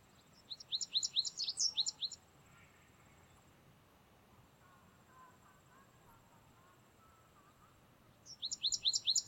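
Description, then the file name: American Goldfinch gives a burst of rapid, high, down-slurred chirps, then a pause, then another similar burst at the end. "Carduelis tristis - American Goldfinch"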